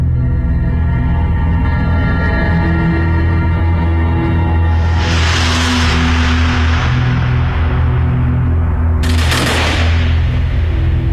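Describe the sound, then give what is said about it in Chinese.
A loud volley of gunfire erupts and rings out as Jews are shot by Germans, then a second sharp burst follows a few seconds later, both over a constant low droning hum with no voices. “枪声响过，数名犹太人倒下，然后是更多的犹太人被驱赶着奔赴死亡。”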